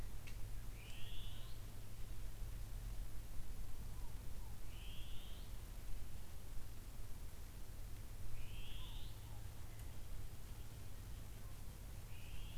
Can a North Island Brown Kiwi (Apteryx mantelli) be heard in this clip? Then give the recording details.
no. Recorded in New Zealand on 24 November 2013. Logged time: 03:42. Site CF70